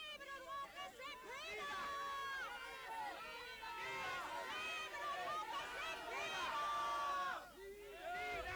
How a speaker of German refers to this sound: Gruppe um Gruppe. Zog mit Fahnen und Transparenten, unter Beifall und aufrührerischem Gelärm am spanischen Club vorbei und brüllte herausfordernd.